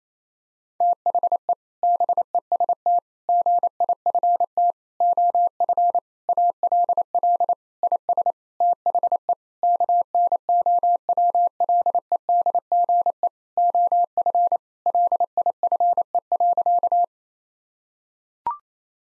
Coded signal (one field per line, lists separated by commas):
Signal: Morse code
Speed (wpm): 27 wpm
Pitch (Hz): 700 Hz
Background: none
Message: THE BEST GIFT OF ALL IS THE KNOWLEDGE OF LIFE.